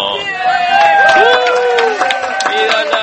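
An audience bursts into steady, loud applause to welcome a performer returning to the stage: dense clapping mixed with shouts and high whistles of cheering that carry on throughout.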